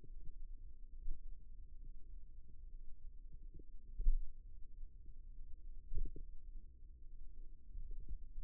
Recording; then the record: forearm muscle sounds (acoustic myography)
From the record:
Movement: finger pinch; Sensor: system 2, bracelet of six BSWA MPA416 microphones around the upper forearm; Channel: 2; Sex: male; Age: 22 years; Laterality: right